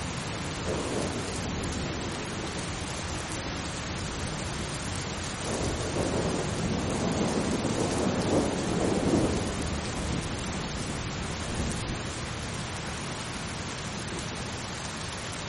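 Steady, calm rain falls in a dense, even hiss across the whole fifteen seconds. Around six to ten seconds a low, rolling rumble swells underneath, likely thunder, then fades back into the constant patter.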